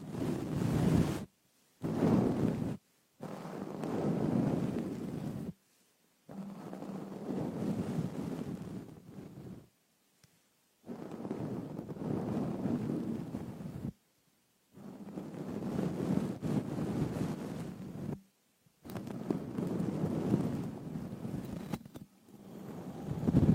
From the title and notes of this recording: Frosted Bath Ball Ear Picking Experience.